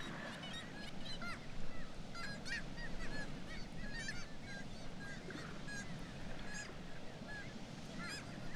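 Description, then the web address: Black-legged kittiwakes giving repeated nasal, up-and-down calls, many birds overlapping in a continuous chatter above steady low-pitched roaring noise. "sound Black-legged-kittiwake. صدای-پرنده-کاکایی-پاسیاه"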